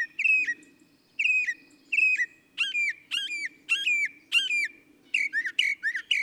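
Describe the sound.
Northern mockingbird song: repeated slurred whistled phrases, ending in quicker varied notes.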